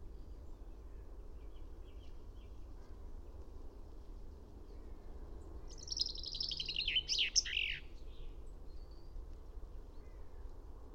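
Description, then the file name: Common chaffinch song midway through, a descending cascade of notes with a flourish, set against persistent low rumbling background noise and long quiet stretches. "Fringilla coelebs"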